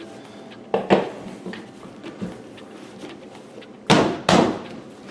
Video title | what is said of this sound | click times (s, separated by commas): BEST Hydraulic Rolling Chair- KARRIE Adjustable Height, 400Lb rating, 5 Rollerblade wheels REVIEW | press down the seat until it snaps into place | 4.3 s